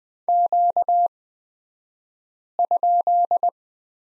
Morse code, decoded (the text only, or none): Q?